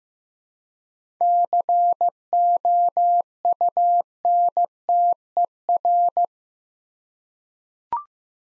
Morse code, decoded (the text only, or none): COUNTER